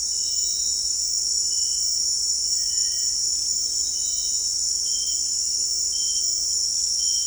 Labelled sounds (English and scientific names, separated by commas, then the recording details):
none
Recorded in dense forest near Puerto Asís, Putumayo, Colombia, on 9 March 2025 at 18:00
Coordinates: 0.499, -76.324
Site GP03